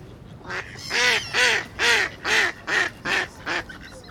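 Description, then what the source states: Duck giving a loud series of about eight harsh, nasal quacks, each short and evenly spaced roughly twice a second, over a low background hum. Ducks at a pond.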